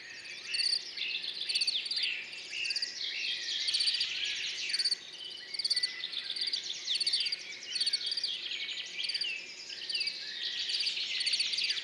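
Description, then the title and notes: Field cricket giving a steady run of shrill pulsed chirps, about one per second, while a dawn chorus of varied birds sings continuously beneath. Recorded among orchids on Montagne du Puy, 10 June 2019, in the morning after a mild night; continuous song, with birds waking and insects warming up behind; Nagra Seven, MKH40, stereo. "10 juin 2019-Montagne du Puy - Nagra seven - mkh40-stéréo Ce matin comme la nuit a été douce le grillon champêtre continu sont train train sonore."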